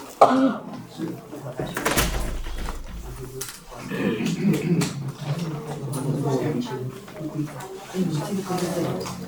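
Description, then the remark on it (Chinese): A few sharp, raspy coughs break out at irregular moments, with people talking over and between them throughout. “有点那杯儿咳嗽 的。”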